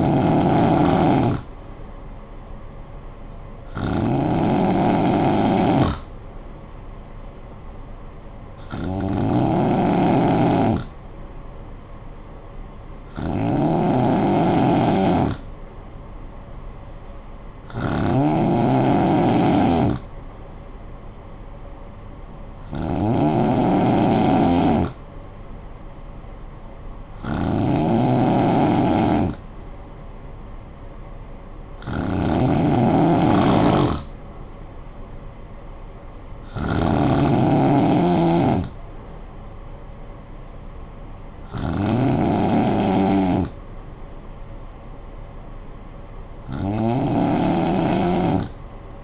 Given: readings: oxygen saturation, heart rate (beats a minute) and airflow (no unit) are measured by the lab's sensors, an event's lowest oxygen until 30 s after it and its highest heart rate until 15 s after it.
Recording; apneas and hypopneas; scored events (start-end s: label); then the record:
breathing in sleep by a smartphone at the bedside; none
none scored
From the record:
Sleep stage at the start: N2 (light sleep); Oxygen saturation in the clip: 92 to 93%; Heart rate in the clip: 52 to 59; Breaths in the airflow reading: 11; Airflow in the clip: -8.9 to 4.6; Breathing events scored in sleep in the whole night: 445 in 7.6 hours asleep